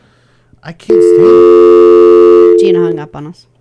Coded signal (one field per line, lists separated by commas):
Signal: telephone call progress tone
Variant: North America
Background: speech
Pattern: dial tone